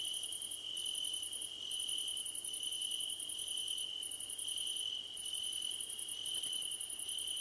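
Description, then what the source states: Crickets trilling continuously, overlaid by fast ticking bursts of very high chirps with short breaks, plus a faint intermittent tone. Crickets chirping at night under a starlit sky.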